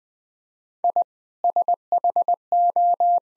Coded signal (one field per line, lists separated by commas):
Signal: Morse code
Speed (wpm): 20 wpm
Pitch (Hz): 700 Hz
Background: none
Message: I SHO